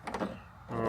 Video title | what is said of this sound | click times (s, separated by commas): Comparing 2 Mountable Shelves for the Bronco Trunk Door: The Ultimate Test! | you hear them kind of clicking into place after you got them opened up | 0.1 s